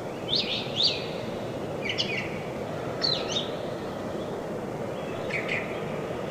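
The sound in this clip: Brown thrasher song: sweeping, slurred doubled notes at irregular intervals, against steady background noise.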